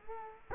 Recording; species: mosquito wingbeat signal from an infrared sensor; Culex quinquefasciatus